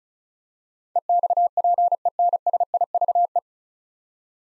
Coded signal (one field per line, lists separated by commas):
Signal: Morse code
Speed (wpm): 36 wpm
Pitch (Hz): 700 Hz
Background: none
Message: EXPENSIVE